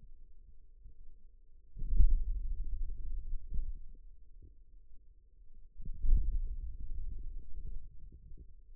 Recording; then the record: forearm muscle sounds (acoustic myography)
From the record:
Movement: hand closing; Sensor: system 2, bracelet of six BSWA MPA416 microphones around the upper forearm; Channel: 4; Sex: male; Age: 22 years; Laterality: right